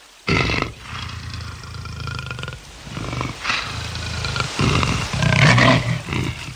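A lion roars loudly and deeply in several long, rumbling bursts, with growling swells in between and no voices.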